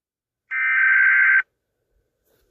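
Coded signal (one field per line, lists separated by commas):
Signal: Emergency Alert System (SAME) tones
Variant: header bursts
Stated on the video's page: Fictional EAS scenario.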